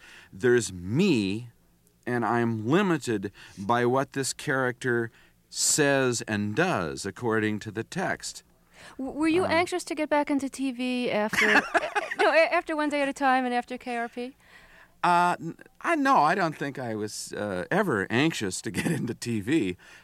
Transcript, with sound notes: There's me, and I am limited by what this character says and does according to the text.
Were you anxious to get back into TV after...
(Laughter).
No - after "One Day At A Time" and after "WKRP"?
No, I don't think I was ever anxious to get into TV.